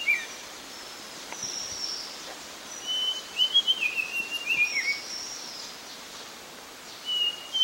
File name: sikatan biru muda